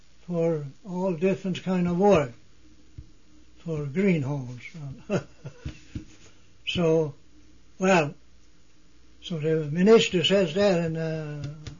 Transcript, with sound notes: for all different kind of work for greenhorns. ( he laughs ) So, well, so the minister says then,